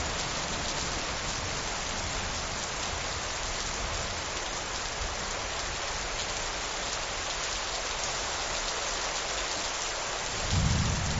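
Heavy rain pours down steadily, a dense, even hiss spread from low to bright tones with no pauses. Near the end, around ten and a half seconds, a low rumble swells up beneath the rain, likely thunder.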